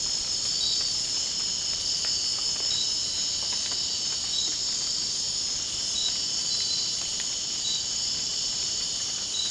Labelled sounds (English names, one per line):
none